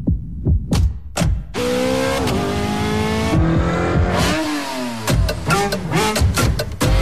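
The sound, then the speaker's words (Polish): A car engine blips its throttle a few quick times, then revs hard and accelerates, its loud droning pitch climbing and shifting through gears before more sharp revs. “Kiedy masz je w baku, samochód, silnik i jego moc sprawią”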